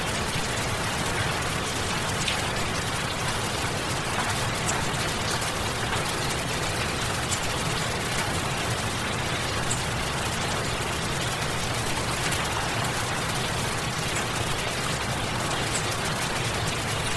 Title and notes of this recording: Heavy Rain. Thunder of loud rain